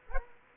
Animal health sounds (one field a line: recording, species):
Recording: mosquito wingbeat signal from an infrared sensor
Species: Culex quinquefasciatus